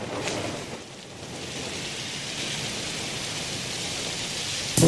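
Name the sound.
rain falling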